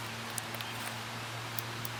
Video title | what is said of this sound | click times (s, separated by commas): T6 Mechanics | it in there you hear a little click and then you push it again and it pops back out | 0.4 s